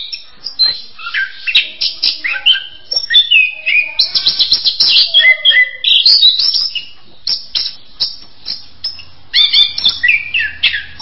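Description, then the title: Bird song, a lively string of high whistles, sliding notes and quick chirps, broken by short pauses, with a faint low hum near the end. "kikicau"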